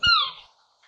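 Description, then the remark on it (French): A Eurasian scops owl gives a single short, whistled note that slides slightly downward in pitch, loud and clear, then fades into silence with no other sounds around it. “C'est le hibou petit duc que je vais mettre ici en post-production.”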